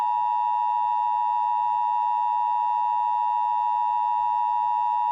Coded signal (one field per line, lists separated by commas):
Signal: Emergency Alert System (SAME) tones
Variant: 853 and 960 Hz attention tone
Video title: EAS SCENARIO 15: Scar E.X.E